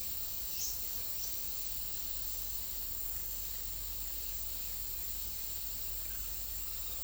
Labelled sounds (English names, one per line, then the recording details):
unidentified bird
Rusty-fronted Tody-Flycatcher
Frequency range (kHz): unidentified bird 4.1-8.5 kHz; Rusty-fronted Tody-Flycatcher 1.0-4.8 kHz
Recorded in secondary vegetation near Puerto Asís, Putumayo, Colombia, on 21 February 2024 at 16:00
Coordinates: 0.500, -76.326
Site G6428